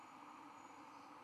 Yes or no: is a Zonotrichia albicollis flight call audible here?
no